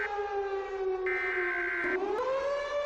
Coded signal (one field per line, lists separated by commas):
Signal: Emergency Alert System (SAME) tones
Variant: header bursts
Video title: EAS Mock - The Roach Invasion (Part 3)